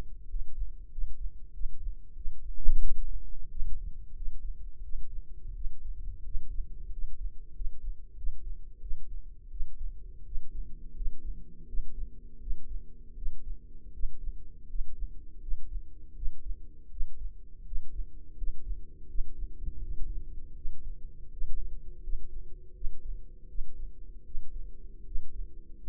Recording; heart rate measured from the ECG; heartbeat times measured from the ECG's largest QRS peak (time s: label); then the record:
heart sounds by microphone in the left ear; 85 bpm
0.26 s: heartbeat
0.89 s: heartbeat
1.51 s: heartbeat
2.14 s: heartbeat
2.79 s: heartbeat
3.47 s: heartbeat
4.13 s: heartbeat
4.81 s: heartbeat
5.53 s: heartbeat
6.23 s: heartbeat
6.89 s: heartbeat
7.52 s: heartbeat
8.14 s: heartbeat
8.79 s: heartbeat
9.49 s: heartbeat
10.23 s: heartbeat
10.93 s: heartbeat
11.65 s: heartbeat
12.38 s: heartbeat
13.14 s: heartbeat
13.91 s: heartbeat
14.66 s: heartbeat
15.39 s: heartbeat
16.13 s: heartbeat
16.88 s: heartbeat
17.63 s: heartbeat
18.34 s: heartbeat
19.06 s: heartbeat
19.79 s: heartbeat
20.53 s: heartbeat
21.29 s: heartbeat
22.00 s: heartbeat
22.72 s: heartbeat
23.46 s: heartbeat
24.23 s: heartbeat
25.03 s: heartbeat
25.80 s: heartbeat
From the record:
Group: healthy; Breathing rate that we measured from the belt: 17 breaths a minute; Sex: male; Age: 21 years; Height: 180 cm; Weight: 67.5 kg